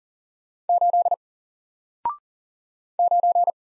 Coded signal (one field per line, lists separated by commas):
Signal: Morse code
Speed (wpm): 38 wpm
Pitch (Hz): 700 Hz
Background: none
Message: 8 9